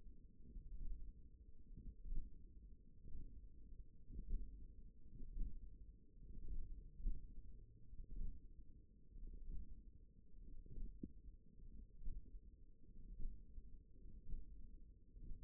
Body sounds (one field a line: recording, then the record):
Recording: forearm muscle sounds (acoustic myography)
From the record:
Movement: hand closing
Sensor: system 1, eight BSWA MPA416 microphones around the upper forearm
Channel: 1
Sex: female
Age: 20 years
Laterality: right